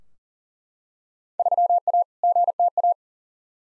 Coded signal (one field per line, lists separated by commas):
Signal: Morse code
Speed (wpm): 40 wpm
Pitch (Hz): 700 Hz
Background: none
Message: 3A GTA